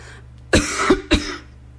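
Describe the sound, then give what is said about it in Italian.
Two short, forced coughs about half a second apart, made deliberately to get the attention of a waiter who has his back turned, sharp and fairly loud against a quiet low hum. “Tossisco?”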